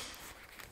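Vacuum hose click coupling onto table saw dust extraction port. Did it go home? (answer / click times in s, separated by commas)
yes / 0.6 s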